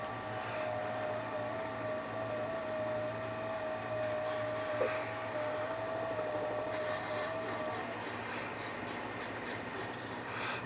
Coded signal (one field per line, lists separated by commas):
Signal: FT8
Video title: W9W FT8 Operating